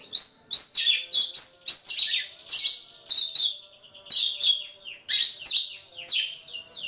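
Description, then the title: Oriental magpie-robin pouring out dense, high whistled phrases, strings of sharp falling notes following closely with hardly any silence. Kacer poci form; national champion competition bird; chatty (gacor) singer using nembak (shooting) and ngerol (rolling) song styles; seven song types every three minutes. "Kacer Poci Gacor Nembak Dan Ngerol Juara Nasional. 7 macam suara kacer setiap 3 menit"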